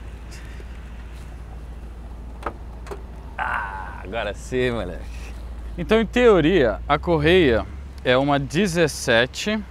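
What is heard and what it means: Someone pulls the release on a stuck, locked latch of a panel or lid on the body of an Autozam AZ-1 small car. A sharp hit at 2.5 s, followed by a fainter knock, marks the latch finally letting go and releasing open. Someone then talks over a steady low hum.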